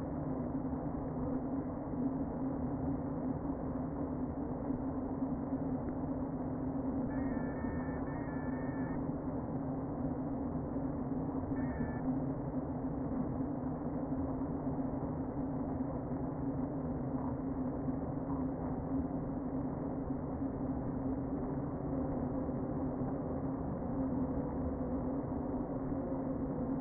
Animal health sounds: honeybee colony, microphone inside the hive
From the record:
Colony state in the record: queen present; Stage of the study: before two queens were removed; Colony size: about 60,000 bees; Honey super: yes

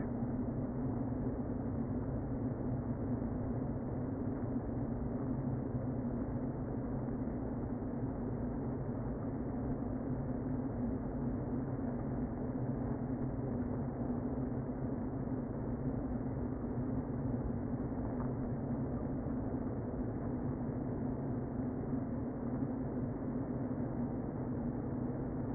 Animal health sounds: honeybee colony, microphone inside the hive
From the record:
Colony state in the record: queen present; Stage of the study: before two queens were removed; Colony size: about 60,000 bees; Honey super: yes

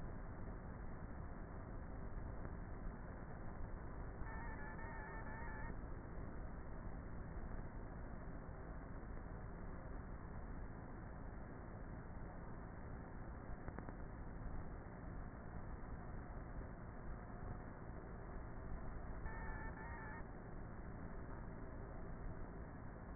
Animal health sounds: honeybee colony, microphone inside the hive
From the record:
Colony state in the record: queenless with a low population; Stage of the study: before two queens were removed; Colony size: about 30,000 bees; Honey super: no

